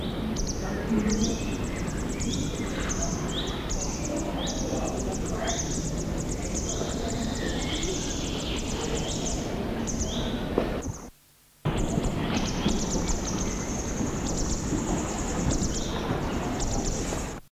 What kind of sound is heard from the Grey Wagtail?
call